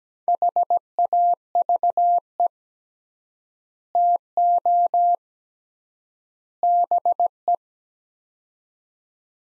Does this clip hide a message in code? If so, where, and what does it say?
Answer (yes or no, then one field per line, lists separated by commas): yes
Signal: Morse code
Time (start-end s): 0.3-7.5 s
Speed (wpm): 17 wpm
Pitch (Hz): 700 Hz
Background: none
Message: HAVE TO BE